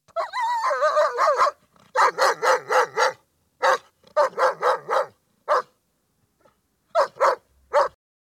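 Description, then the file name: Dog barking in quick bursts of one to five sharp barks, the first a wavering whine-like bark, separated by short silences. "Digiffects Sound Effects Library - Dog Barking"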